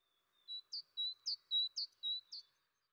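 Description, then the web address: Great tit song: four two-note phrases, a longer lower whistle then a sharp higher note, repeated evenly in a clear see-saw rhythm over quiet background. "Fontainebleau Demo. great tit"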